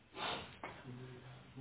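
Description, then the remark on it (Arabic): A single sneeze: a breathy, hissing intake swells and then breaks into a sharp burst, followed by a low voice speaking briefly afterward. “رحمك الله.”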